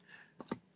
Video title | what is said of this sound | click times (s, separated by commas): Carbonation Kit Test - Will it Force Carb a Mead? | not like I did it there we go there now it's on you hear snap apparently | 0.4 s, 0.5 s